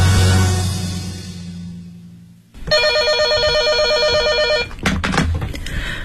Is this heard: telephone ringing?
yes